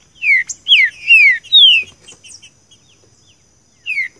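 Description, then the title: Green-winged saltator song, a quick run of slurred downward whistles, then a quiet gap before one more falling note. "Canto De Trinca Ferro"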